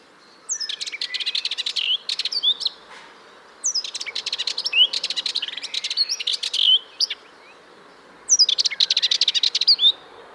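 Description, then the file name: Eurasian blackcap song: three fast bursts of scratchy chattering warble, each ending in clearer whistled flourishes, with short pauses between phrases. "Sylvia atricapilla"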